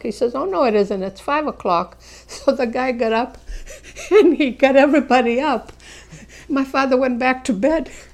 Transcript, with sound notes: He says, "Oh, no, it isn't, it's five o'clock." So the guy got up. ( she laughs ) And he got everybody up. My father went back to bed.